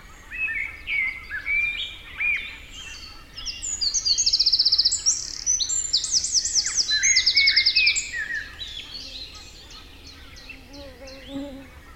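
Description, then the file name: Eurasian wren song, a long, loud burst of high, rapid trills and sharp notes, with fainter bird calls after it. "Troglodytes troglodytes"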